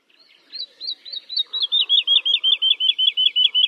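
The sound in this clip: Bird giving a series of many sharp, downslurred chirps that start soft and grow loud, with faint lower twittering underneath.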